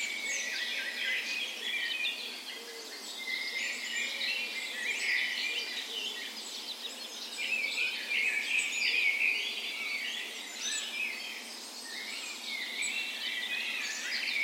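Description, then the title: Dawn chorus, many birds singing together continuously, dense high warbling and trilled phrases without pause throughout. Spring dawn chorus in a park west in Bergen, Norway, morning of 17 May, Norway's National Day; Sony PCM A10 recorder with LOM micro Usi mics as tree ears. "17th Of May Dawn Chorus"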